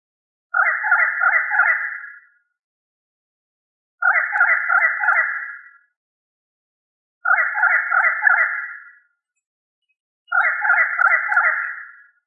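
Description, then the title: Chicken giving four bursts of rapid, rough clucks, several pulses each, with short quiet gaps between. "manok ostrali"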